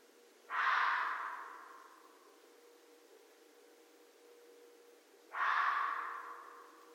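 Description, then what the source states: Red fox giving two harsh, hoarse barks about five seconds apart, each with a sudden start and a slow fade. Recorded 13 January 2012.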